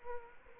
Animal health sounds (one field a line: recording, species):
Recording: mosquito wingbeat signal from an infrared sensor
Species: Aedes aegypti